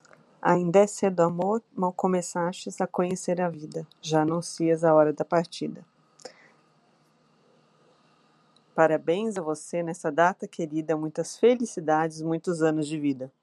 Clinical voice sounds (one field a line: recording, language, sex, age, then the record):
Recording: short text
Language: Brazilian Portuguese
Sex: female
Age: 40 to 49 years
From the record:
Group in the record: control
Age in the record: 43 years